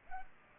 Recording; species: mosquito wingbeat signal from an infrared sensor; Culex pipiens